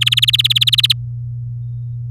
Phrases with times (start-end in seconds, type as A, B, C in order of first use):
0.01-0.93 A